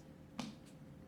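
A replacement plastic sunglass lens is pushed into the grooves at the nose piece of the frame. A single sharp snap is heard at 0.4 seconds as the lens seats in the frame groove.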